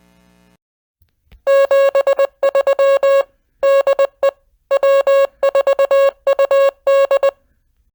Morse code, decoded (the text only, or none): 73 DE W4UD